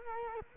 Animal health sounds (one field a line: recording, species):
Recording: mosquito wingbeat signal from an infrared sensor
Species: Culex quinquefasciatus